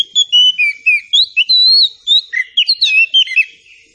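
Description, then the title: Oriental Magpie-Robin singing a continuous stream of rich, varied whistles, some rising and some falling, mixed with brief chattering notes. Presented as an outstanding magpie-robin song, guaranteed to draw an answering response. "Dijamin Nyaut Kacer Istimewah"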